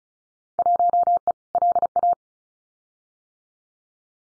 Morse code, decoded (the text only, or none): 1E LA